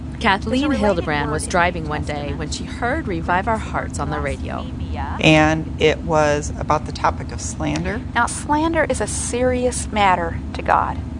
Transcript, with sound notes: Kathleen Hildebrand was driving one day when she heard Revive Our Hearts on the radio.
It was about the topic of slander.
(on radio) Now, slander is a serious matter to God.